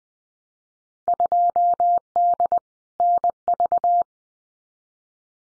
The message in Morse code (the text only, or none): 2D NV